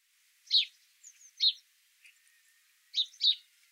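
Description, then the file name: House sparrow giving four bright chirps, two single then a quick pair, with soft twittering behind. "Passer domesticus"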